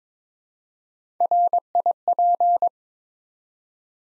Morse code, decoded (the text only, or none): RIP